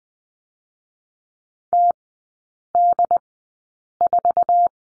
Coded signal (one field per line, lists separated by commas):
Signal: Morse code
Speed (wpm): 20 wpm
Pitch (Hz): 700 Hz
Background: none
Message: TD4